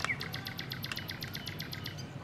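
A plastic pin on a toy vehicle body is handled at its chassis hole, ready to be pushed in and pressed from above so it locks. Steady, rapid bird chirping runs throughout, with a few faint taps and handling noises. The pin has not seated or clicked yet.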